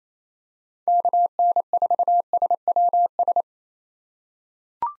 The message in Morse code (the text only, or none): KN4SWS